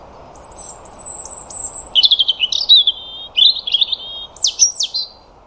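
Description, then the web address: European robin song opening with thin sustained high whistles, followed by rapid, rippling warbled phrases and trills that jump between pitches. "Deverinetal 2025 File origin Bird Only Er Ru"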